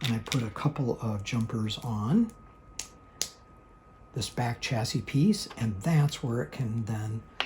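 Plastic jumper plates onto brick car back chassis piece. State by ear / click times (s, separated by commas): seated / 2.8 s, 3.2 s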